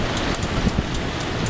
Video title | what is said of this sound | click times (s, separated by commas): 2011 Taurus SHO Turbo installation | what we do is we push it till it snaps and we pull it back to make sure it doesn't come back out and then push it back down | 0.3 s